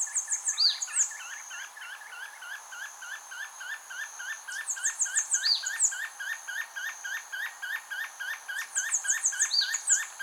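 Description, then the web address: Spotted puffbird calling: short mid-pitched notes repeated about three times a second in a long steady series, while another bird gives high descending trills every few seconds. "Spotted puffbird. صدای-پرنده-پفی-مرغ-خالدار"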